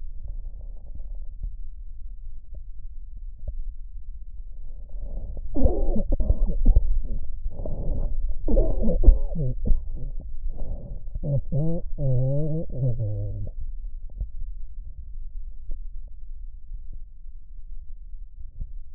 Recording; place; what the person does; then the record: lung sounds by stethoscope; right posterior basal chest; quiet breathing, then cough and speech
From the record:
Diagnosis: interstitial lung disease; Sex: male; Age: 75 years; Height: 167 cm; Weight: 68 kg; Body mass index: 24.4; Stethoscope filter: extended mode